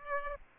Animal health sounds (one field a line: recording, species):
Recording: mosquito wingbeat signal from an infrared sensor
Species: Aedes aegypti